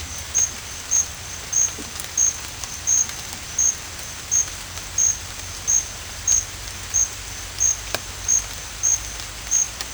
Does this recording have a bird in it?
no